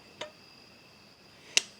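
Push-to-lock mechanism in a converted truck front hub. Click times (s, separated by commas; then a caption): 1.6 s. After the white plastic parts are reassembled in a converted Ranger truck front hub, the hub cap of the push-to-lock manual hub is pushed in. A faint tick at 0.2 s is followed by a sharp click at 1.6 s as the manual hub lock clicks in. The spring then sits fully out against the cap with no play, so the hub is locked.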